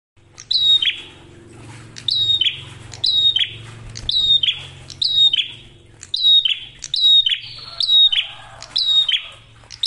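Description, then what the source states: Prinia song, a run of near-identical phrases. Each is a sharp descending whistle into a sustained high tone and buzzy drop, repeated steadily with a low hum beneath. Training recording for songbirds; clear, energetic song.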